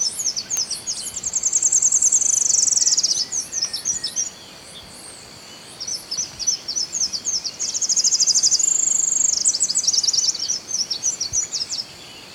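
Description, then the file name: Tropical parula singing twice: quick high zipping notes that run into a dense buzzy trill, then scattered chips. The pattern repeats after a short quiet gap. "Setophaga pitiayumi - Tropical Parula"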